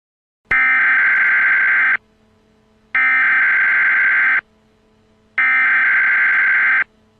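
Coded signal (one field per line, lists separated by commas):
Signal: Emergency Alert System (SAME) tones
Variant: header bursts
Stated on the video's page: Fictional Emergency Alert System alert edited for the game Mabinogi.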